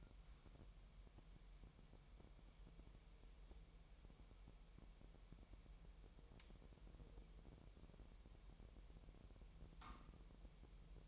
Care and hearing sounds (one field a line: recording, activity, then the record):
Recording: daily activity, microphone in the room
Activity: wipe stove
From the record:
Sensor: 1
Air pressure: 1000.9 hPa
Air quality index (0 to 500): 249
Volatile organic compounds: 150 ppm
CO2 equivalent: 4021 ppm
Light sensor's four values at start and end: 12/28/11/12 and 12/28/11/12